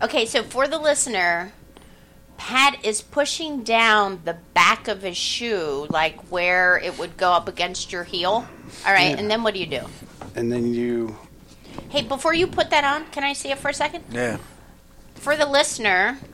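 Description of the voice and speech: Ordinary fluent conversational speech between adult men in a small room, with clear articulation and natural pauses.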